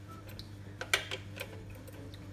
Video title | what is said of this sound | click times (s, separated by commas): Chocolate Swiss roll or Yule Log | sure it clicks it clicking sound okay | 0.9 s